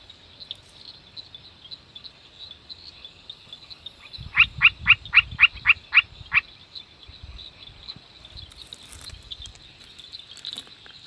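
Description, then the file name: Sri Lanka rock frog call: a quick burst of about eight sharp, evenly spaced clicking pulses lasting two seconds, over a steady high insect drone. "Nannophrys ceylonensis"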